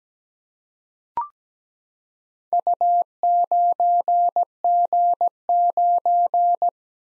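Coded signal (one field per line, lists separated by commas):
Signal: Morse code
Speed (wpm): 17 wpm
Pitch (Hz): 700 Hz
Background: none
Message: U9G9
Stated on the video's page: Morse code practice at 17 wpm: random four-character letter-number groups for head-copy, sent, then spoken, then sent again.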